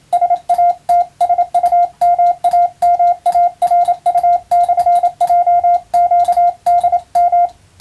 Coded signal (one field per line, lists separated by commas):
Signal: Morse code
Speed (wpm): 27 wpm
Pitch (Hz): 700 Hz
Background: radio noise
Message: SATSUMAMARU/JQDM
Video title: モールストレーニング！アマチュア無線ＣＷの練習用。YouTubeの再生速度を調整して手打ちモールスで受信練習を始めてみませんか(morse code practice radio operator )